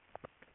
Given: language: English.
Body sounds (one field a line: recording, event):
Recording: throat vibration sensor signal played as sound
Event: swallow